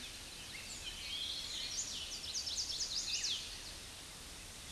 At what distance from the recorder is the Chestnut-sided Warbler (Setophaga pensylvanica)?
about 40 m